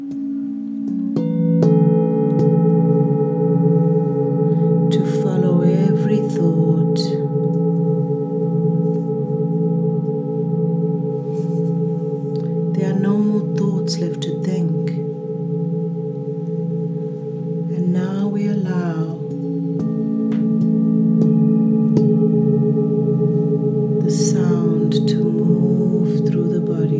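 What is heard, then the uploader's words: Ancient singing bowls ring in a steady, layered drone of low and middle tones that swell and waver gently. Fresh strikes add brighter shimmering bursts around 5, 13, 18 and 25 seconds, while the hum sustains throughout with slow beating pulses. The sound from the ancient singing bowls.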